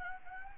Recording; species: mosquito wingbeat signal from an infrared sensor; Anopheles gambiae